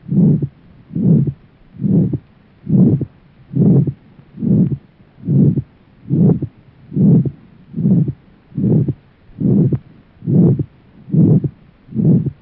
Aortic stenosis sound effect.